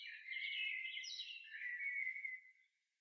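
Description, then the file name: Common blackbird song, a mellow whistled phrase with warbled notes falling and sliding in pitch, fading out near the end. "Turdus merula"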